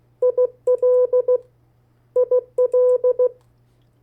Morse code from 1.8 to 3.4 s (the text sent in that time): IL